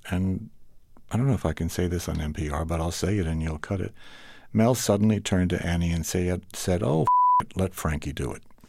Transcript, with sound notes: And I don't know if I can say this on NPR, but I'll say it, and you'll cut it: Mel suddenly turned to Annie and said oh (beep), let Frankie do it.